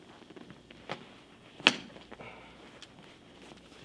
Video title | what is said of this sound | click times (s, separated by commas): Dodge Ram (2004-2005) Top Cover Replacement- Part 2 | there he goes okay let's hope you heard it snap in place that's hook there | 1.7 s